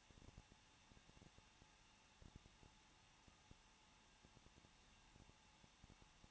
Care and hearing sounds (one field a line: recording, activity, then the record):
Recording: daily activity, microphone in the room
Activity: no activity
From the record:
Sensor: 1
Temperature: 20.1 degrees Celsius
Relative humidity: 39.1%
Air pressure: 1006.4 hPa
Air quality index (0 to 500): 216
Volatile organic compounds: 74 ppm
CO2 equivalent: 3553 ppm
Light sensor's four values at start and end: 1/2/1/1 and 1/2/1/1